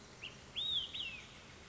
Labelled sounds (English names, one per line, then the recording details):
Olive-sided Flycatcher
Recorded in Sonoma County, California